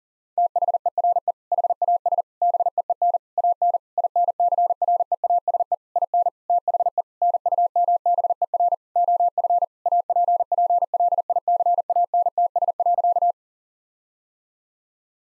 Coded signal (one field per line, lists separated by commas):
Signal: Morse code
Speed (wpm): 40 wpm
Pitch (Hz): 700 Hz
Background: none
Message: THERE HAS BEEN AN INCREASE IN THE NUMBER OF APPLICANTS.